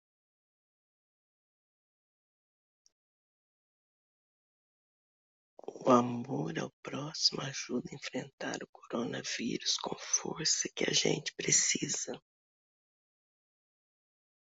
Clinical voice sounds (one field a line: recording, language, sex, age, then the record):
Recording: spoken sentence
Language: Brazilian Portuguese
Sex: female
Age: 60 to 69 years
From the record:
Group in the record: control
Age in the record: 66 years